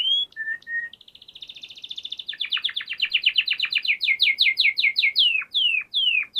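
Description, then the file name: Canary song opening with clipped whistles, then a rapid high trill that slows into repeated loud downward-sweeping notes, spacing out further at the end. Canary song for training other birds (masteran). "Suara Burung Kenari untuk Masteran Ampuh"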